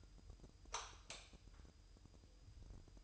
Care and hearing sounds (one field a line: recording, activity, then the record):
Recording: daily activity, microphone in the room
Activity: light off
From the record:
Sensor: 2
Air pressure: 988.2 hPa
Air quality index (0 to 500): 191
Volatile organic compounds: 183 ppm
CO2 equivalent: 4155 ppm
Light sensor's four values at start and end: 11/34/13/13 and 6/16/6/7